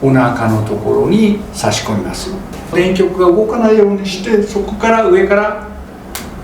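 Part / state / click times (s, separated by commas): EMS lead snap terminal onto adhesive electrode pad / seated / 6.2 s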